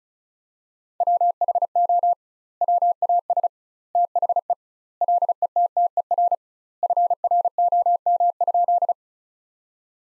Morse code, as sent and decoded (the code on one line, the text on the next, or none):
.-- .... --- / .-- .- ... / - .... . / .-.. . - - . .-. / ..-. .-. --- -- ..--..
WHO WAS THE LETTER FROM?